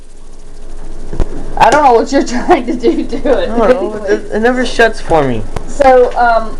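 The plastic lid of a coupon storage box is pressed down and clicks shut at 1.2 s, a short sharp snap. Afterward, someone talks over faint background noise. The lid is seated securely.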